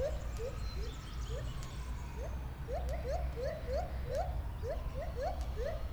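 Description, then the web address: Lar gibbon giving quick, short upslurred notes in an irregular series over a steady low rumble. Captive, zoo in Debrecen, 2012; smaller rattling calls; recorded with a Marantz recorder. "allathangok debrecenizoo 2012. feherkezugibbon"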